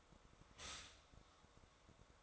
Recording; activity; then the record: daily activity, microphone in the room; stop toaster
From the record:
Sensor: 3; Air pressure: 1014.7 hPa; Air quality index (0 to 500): 195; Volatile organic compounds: 23 ppm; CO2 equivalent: 2789 ppm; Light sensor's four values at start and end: 4/11/4/4 and 4/11/4/4